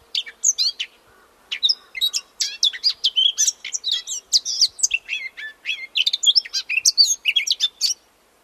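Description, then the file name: Eurasian blackcap singing a long, continuous chatter of rapid, varied high notes, scratchy and whistled by turns, lasting most of eight seconds. "Sylvia atricapilla"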